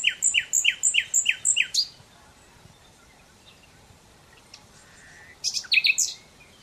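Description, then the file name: Common Nightingale song, several loud repeated chirping notes in quick rhythm, a quiet gap, then a brief burst of jumbled sharp notes. "Luscinia megarhynchos"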